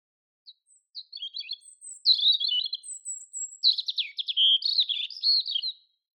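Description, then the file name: European robin song: a varied flowing phrase of thin high whistles, sharp twitters and tremulous rattling notes, delivered in a few quick bursts. "Erithacus rubecula"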